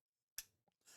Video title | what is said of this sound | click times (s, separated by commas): ZIDOO Z9X 8K MEDIA PLAYER UNBOXING - 6GB RAM 64GB INTERNAL STORAGE - DOLBY ATMOS - MUSIC PLAYER - | You hear that little click, and now it's on there. | 0.4 s